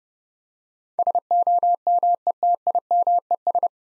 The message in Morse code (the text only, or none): SOMETIMES